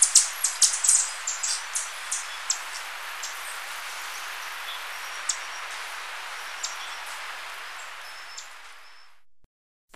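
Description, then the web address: Rufous-throated tanager with a quick string of high, sharp chip notes at the start, then a few sparse ticks as a broad hiss fades away. Recorded in Ecuador. "Birds of Ecuador. Rufous-throated Tanager"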